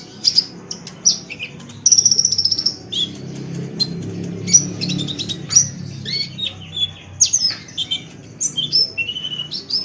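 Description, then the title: Oriental magpie-robin song: continuous varied phrases mixing clear whistles, buzzy trills and sharp chips, over a low background rumble. Song from a long recording, over an hour. "Kicau Kacer"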